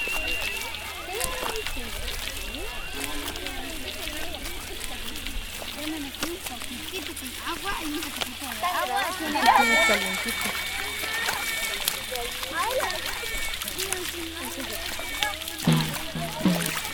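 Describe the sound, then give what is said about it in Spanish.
Cold lagoon water splashes and sloshes steadily for several seconds in a dense, continuous wash of noise, with people talking over it and a brief louder splash near the middle. “Este agua está fría. Ya vamos saliendo, ¿no?”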